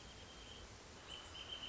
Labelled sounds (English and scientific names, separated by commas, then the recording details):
Wrentit (Chamaea fasciata)
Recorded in Sonoma County, California